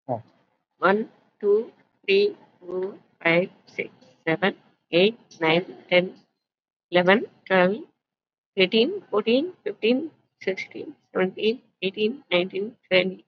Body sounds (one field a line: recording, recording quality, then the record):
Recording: counting at a normal pace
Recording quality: excellent, no background noise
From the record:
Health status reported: COVID-19 positive, moderate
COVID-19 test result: positive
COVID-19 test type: RT-PCR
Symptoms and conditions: cough, fatigue, muscle pain, pneumonia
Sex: female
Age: 68 years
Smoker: no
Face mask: worn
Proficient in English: no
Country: India